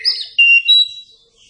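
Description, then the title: Oriental magpie-robin song fragment, a short whistled note followed by two steady high whistles, then fading. Captive-bird training song recording (masteran) for kacer. "Masteran Ampuh Burung Kacer"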